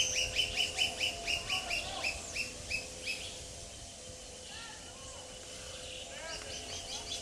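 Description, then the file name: Planalto woodcreeper song: a fast run of sharp, evenly spaced notes fading over about three seconds, then softer scattered calls and a steady hum. "Canto do arapacu grande"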